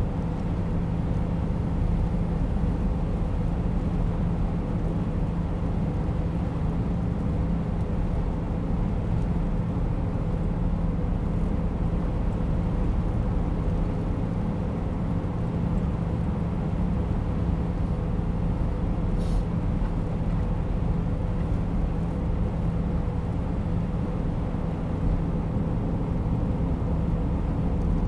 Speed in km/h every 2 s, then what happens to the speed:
93, 94, 94, 94, 93, 94, 95, 95, 95, 94, 95, 93, 94, 94.
0-28 steady at about 94.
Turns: none.